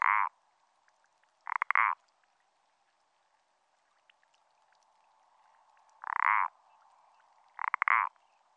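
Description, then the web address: Common parsley frog giving a few short croaks at uneven intervals. Recorded in France. "AMPHIBIANS-IN-FRANCE Parsley frog"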